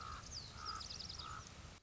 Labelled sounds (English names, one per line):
Common Raven